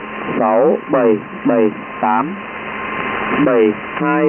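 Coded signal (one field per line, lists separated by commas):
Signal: numbers station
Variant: V30, Vietnamese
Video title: Numbers Station, Vietnamese, V30, 10255 kHz, USB Mode, December 23, 2013, 1559 UTC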